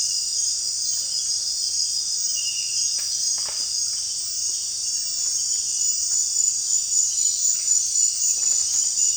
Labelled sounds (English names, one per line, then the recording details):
none
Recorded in dense forest near Puerto Asís, Putumayo, Colombia, on 29 June 2025 at 18:30
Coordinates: 0.466, -76.327
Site GP04